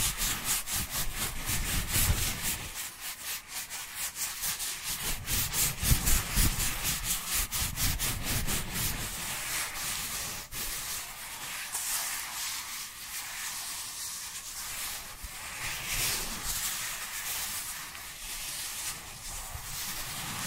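Dry hands rub together in a steady, dense rasp of rapid back-and-forth strokes, with brief low thumps near the start and around six seconds.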